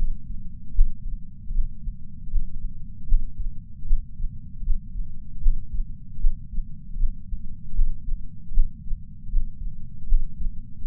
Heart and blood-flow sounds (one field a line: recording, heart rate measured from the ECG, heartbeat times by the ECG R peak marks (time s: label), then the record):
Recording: heart sounds by patch sensor on the chest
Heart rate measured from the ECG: 77 bpm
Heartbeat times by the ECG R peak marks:
0.75 s: heartbeat
1.53 s: heartbeat
2.30 s: heartbeat
3.08 s: heartbeat
3.87 s: heartbeat
4.65 s: heartbeat
5.42 s: heartbeat
6.21 s: heartbeat
6.98 s: heartbeat
7.75 s: heartbeat
8.54 s: heartbeat
9.31 s: heartbeat
10.08 s: heartbeat
10.87 s: heartbeat
From the record:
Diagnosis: coronary artery disease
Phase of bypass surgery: postoperative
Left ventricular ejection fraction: 54.7%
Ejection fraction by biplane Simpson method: 53.9%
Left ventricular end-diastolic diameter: 46 mm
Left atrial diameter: 34 mm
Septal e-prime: 6.6 cm/s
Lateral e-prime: 6.8 cm/s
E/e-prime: 16.6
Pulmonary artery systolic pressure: 36 mmHg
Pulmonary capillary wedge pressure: 11 mmHg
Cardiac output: 4.5 L/min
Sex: male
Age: 74 years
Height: 175 cm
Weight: 66 kg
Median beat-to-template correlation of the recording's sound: 0.84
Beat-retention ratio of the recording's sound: 0.98